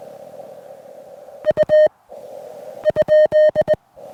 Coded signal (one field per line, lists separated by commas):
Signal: Morse code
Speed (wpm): 21 wpm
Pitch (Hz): 1850 Hz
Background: none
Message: U ?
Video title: Parting Ways with My Venus SW-3B: One Last POTA Activation!